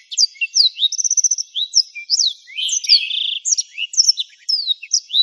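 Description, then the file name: Black-throated canary: blackthroat song mixing quick downslurred chirps with two short rattling trills, a busy high-pitched twitter that never settles. "suara burung blackthroat"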